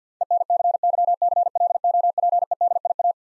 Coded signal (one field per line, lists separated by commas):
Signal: Morse code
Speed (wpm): 50 wpm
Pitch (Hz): 700 Hz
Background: none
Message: ENCYCLOPEDIA